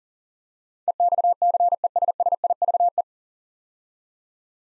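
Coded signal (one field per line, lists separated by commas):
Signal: Morse code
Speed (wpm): 40 wpm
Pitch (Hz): 700 Hz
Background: none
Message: EXCESSIVE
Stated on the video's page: Morse practice drill of nine-letter words at 40 wpm, each sent, spoken, then resent for head-copy.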